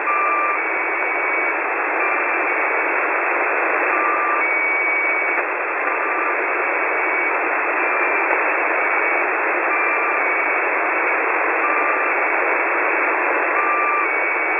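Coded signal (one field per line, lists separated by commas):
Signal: channel marker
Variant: Squeaky Wheel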